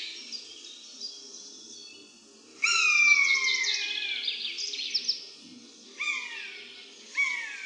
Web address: birdsounds myszolow